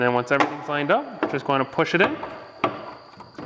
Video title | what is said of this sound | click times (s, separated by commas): Ford F-150 Taillight Assembly Removal 2015-2020 - How to | should hear it snap in and then you can reinstall those two bolts | 2.6 s